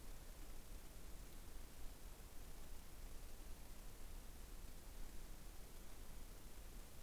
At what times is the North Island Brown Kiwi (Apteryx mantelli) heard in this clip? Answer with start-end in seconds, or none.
none